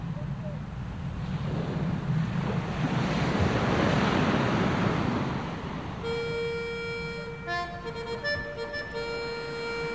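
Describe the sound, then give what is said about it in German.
Shallow sea water of the Jade Bay on the North Sea washes in a broad, hissing surge that swells and recedes. In the final few seconds, a steady layered humming tone enters over the softer lapping water. “Wir flogen zurück und landeten, wenn man das sagen kann, auf den seichten Wassern des Jadebusens.”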